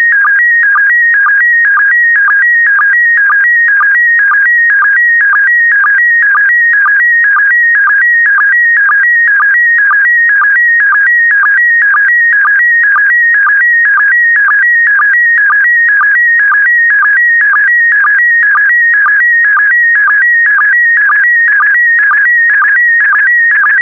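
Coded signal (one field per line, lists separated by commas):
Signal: SSTV (slow-scan television)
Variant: PD120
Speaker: complete you can now check your decoded image against the picture that is shown on the video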